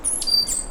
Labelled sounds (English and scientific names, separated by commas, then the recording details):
Stitchbird (Notiomystis cincta) song
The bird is a male
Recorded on Tiritiri Matangi Island, New Zealand, in 2005
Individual 1, of nest box 1